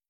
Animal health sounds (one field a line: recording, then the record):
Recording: hydrophone in a shrimp aquaculture tank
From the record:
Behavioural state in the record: starved